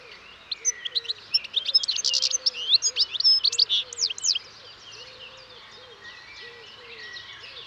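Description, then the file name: European goldfinch song, a tinkling, jumbled twitter of high notes, with a dove's soft repeated cooing low underneath throughout. "Carduelis carduelis"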